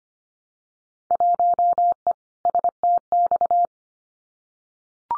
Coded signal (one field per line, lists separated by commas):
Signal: Morse code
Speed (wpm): 25 wpm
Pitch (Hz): 700 Hz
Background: none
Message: 1E STX